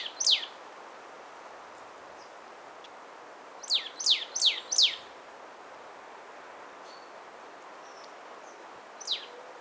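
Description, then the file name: Marsh tit calls: a single high downslurred note, then four quick descending notes in a row, and one last note later, over faint background hiss. "Poecile palustris"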